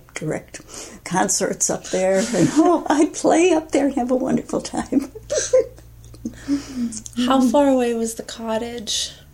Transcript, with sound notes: I would direct concerts there. Oh, I would play there and have a wonderful [laughter]
How far away was the cottage?